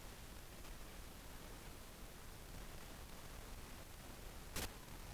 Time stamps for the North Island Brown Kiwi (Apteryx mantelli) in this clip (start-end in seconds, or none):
none